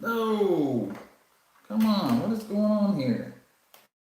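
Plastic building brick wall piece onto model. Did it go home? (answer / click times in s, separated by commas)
no / none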